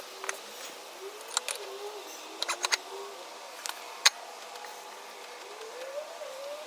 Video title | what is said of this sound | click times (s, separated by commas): Honda Automatic Transmission Rebuild pt. 5 - Reinstallation | torque converter is just gonna slide right on there it should hear about like three clicks and that means the converters all the way in so | 1.4 s, 2.6 s, 4.1 s